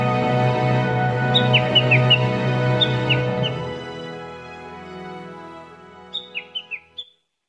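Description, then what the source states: Japanese bush warbler giving short bursts of falling notes, partly covered by loud low rumbling noise that fades, then a final quick run of a few notes. Recorded at Daigenji Plateau, Niigata Prefecture, Japan.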